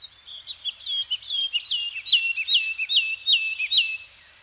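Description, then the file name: Bird song: a run of clear downslurred whistled notes repeated rapidly, with fainter chirps behind. Scandinavian forest soundscape with birds singing. "Nature Soundscape - Scandinavian Forest Environment with Birds Singing"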